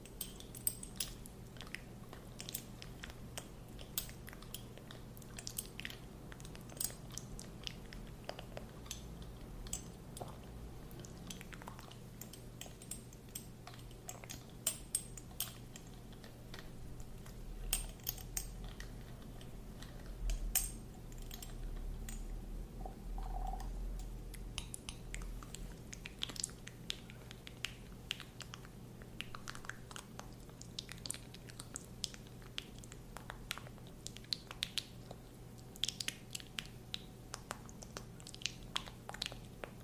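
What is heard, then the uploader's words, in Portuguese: A dropper is handled, making a steady scatter of small clicks, taps and light squeezes throughout, with slightly denser bursts near the middle. A constant low hum sits underneath. ASMR focado em sons com o objeto: conta-gotas.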